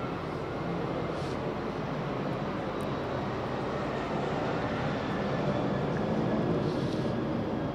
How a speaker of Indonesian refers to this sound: Pesawat lewat ini tadi kan fakta yang tiba-tiba. Itu kita terlempar dalam fakta berhadapan dengan suaranya pesawat. Mau enggak mau kan harus diam. Kalau enggak balapan suaranya.